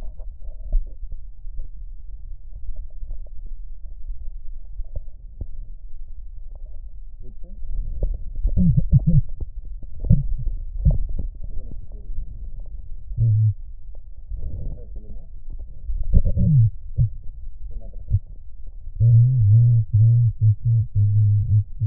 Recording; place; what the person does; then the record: lung sounds by stethoscope; right posterior basal chest; quiet breathing, then cough and speech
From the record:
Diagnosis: none (healthy); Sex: male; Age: 35 years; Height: 186 cm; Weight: 108 kg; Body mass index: 31.2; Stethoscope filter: extended mode